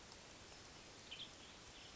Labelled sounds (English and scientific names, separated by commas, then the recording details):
Western Tanager (Piranga ludoviciana)
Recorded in Sonoma County, California